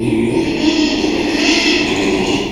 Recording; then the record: squeal of a Yucatan mini pig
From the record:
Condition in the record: after surgery on the right vocal fold (resection and tissue-engineered implant); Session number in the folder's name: 2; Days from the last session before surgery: 13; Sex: male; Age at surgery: 12 weeks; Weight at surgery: 13 kg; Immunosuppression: cyclosporine, prednisolone